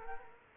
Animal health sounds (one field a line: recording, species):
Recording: mosquito wingbeat signal from an infrared sensor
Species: Culex quinquefasciatus